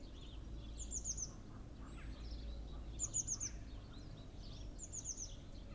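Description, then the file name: Eurasian blue tit giving three short bursts of several high, thin descending notes, with faint chirps and low rumbling noise. "Cyanistes caeruleus"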